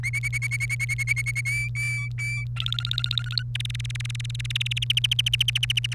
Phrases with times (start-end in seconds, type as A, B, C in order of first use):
0.03-1.41 A, 1.45-2.44 B, 2.56-3.43 C, 3.55-4.84 D, 4.90-5.94 E